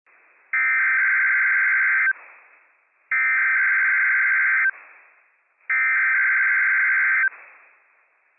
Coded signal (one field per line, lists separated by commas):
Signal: Emergency Alert System (SAME) tones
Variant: header bursts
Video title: WWF56 Required Weekly Test from NWS Pendleton, Oregon - EAS #309 - 10:56 AM PST 2/15/22